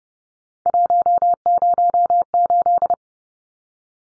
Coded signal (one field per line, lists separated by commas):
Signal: Morse code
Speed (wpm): 30 wpm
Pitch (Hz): 700 Hz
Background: none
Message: 108